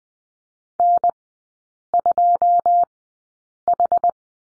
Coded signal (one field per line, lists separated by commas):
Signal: Morse code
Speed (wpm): 20 wpm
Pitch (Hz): 700 Hz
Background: none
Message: N2H